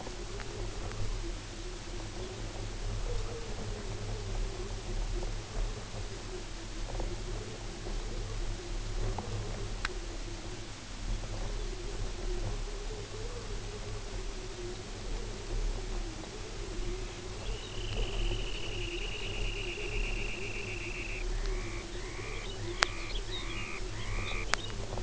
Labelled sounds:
unidentified sound
Dunlin
Lapland Longspur
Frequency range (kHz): Dunlin 0.8-3.6 kHz; Lapland Longspur 2.4-5.5 kHz
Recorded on Arctic tundra, site UTQI-5, on 19 June 2018
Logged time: 22:00

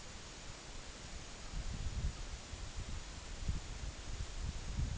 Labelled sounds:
none
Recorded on Arctic tundra, site EABA-MC, on 24 June 2019
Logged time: 12:00

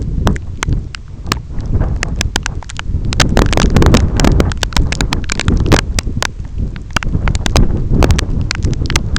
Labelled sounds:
none
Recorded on Arctic tundra, site EABA-1, on 25 June 2018
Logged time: 06:00

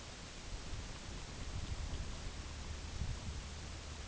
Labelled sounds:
none
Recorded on Arctic tundra, site UTQI-8, on 8 June 2019
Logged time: 02:00

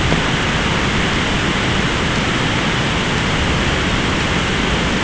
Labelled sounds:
none
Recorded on Arctic tundra, site ZACK-1, on 14 June 2019
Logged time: 23:49

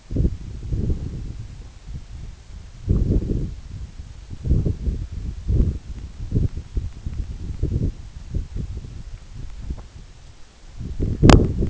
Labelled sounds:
none
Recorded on Arctic tundra, site EABA-1, on 26 June 2018
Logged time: 08:00

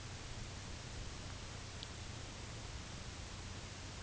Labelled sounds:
none
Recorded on Arctic tundra, site UTQI-8, on 13 June 2019
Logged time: 04:00

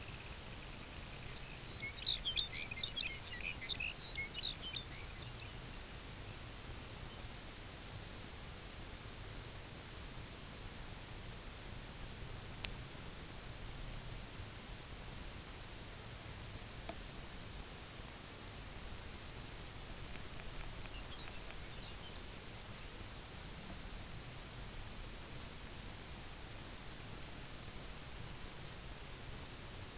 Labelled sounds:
Semipalmated Sandpiper
Lapland Longspur
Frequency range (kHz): Semipalmated Sandpiper 1.9-3.4 kHz; Lapland Longspur 0.9-7.8 kHz
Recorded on Arctic tundra, site UTQI-0, on 22 June 2018
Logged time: 12:00

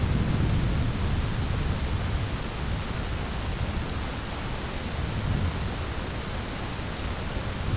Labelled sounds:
none
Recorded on Arctic tundra, site ZACK-1, on 10 June 2019
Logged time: 15:49

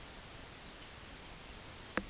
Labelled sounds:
none
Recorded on Arctic tundra, site UTQI-8, on 10 June 2019
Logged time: 14:00

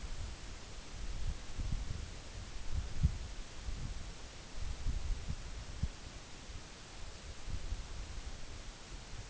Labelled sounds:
none
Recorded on Arctic tundra, site NAIT-1, on 24 June 2019
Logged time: 14:00

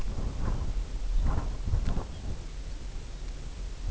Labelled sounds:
Lapland Longspur
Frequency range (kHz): Lapland Longspur 2.8-4.0 kHz
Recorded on Arctic tundra, site UTQI-0, on 16 June 2019
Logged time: 20:00

